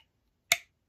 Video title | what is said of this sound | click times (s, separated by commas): Cheburkov Strizh in San Mai and Carbon Fiber | roll it out and hear it click open like that | 0.5 s